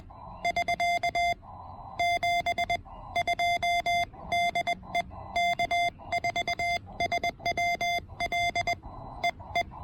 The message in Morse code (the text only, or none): <SK> 72 DE K4SWL EE